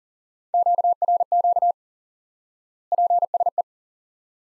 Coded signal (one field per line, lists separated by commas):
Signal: Morse code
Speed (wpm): 40 wpm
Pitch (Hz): 700 Hz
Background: none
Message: QRQ PSE